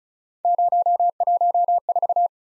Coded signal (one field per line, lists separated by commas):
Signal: Morse code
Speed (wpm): 36 wpm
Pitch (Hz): 700 Hz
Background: none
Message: 014